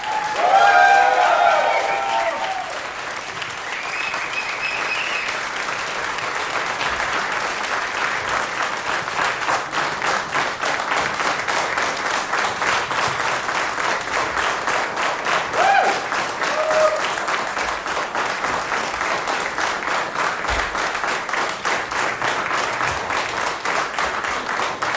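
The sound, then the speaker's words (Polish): An audience applauds steadily for about twenty-five seconds, a dense, even wash of clapping at a constant level. A voice or cheer briefly rises over it at the very start. “Jeszcze raz wielkie brawa.”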